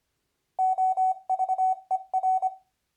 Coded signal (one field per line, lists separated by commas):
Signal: Morse code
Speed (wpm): 24 wpm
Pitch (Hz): 750 Hz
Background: none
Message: OVER